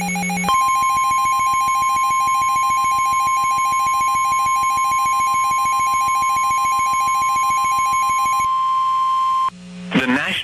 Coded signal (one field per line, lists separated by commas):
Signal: Emergency Alert System (SAME) tones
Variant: 1050 Hz attention tone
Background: speech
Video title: EAS 1434 (Severe Thunderstorm Warning)